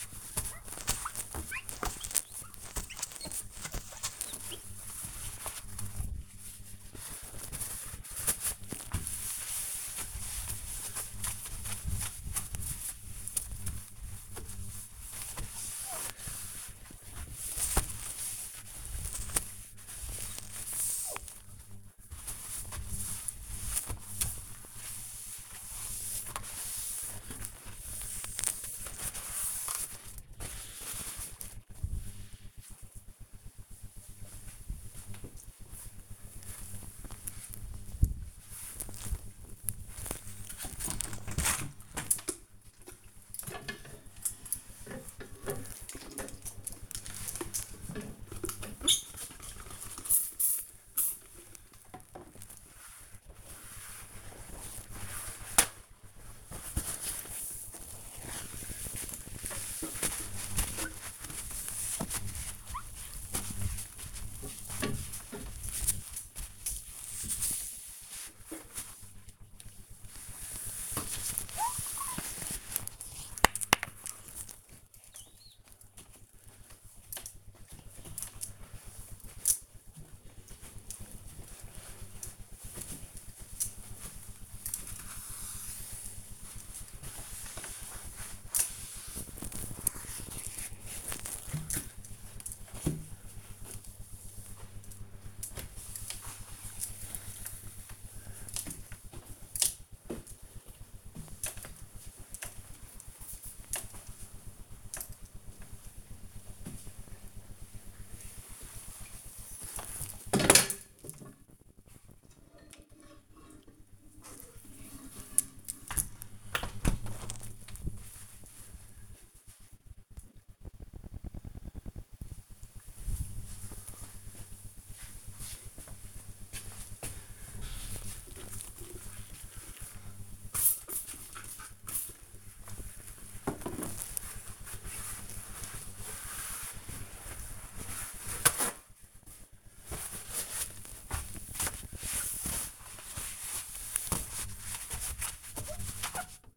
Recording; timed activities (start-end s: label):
household activities, microphone on the right wrist
0.00-30.68 s: window cleaning
35.70-112.19 s: window cleaning
128.30-146.57 s: window cleaning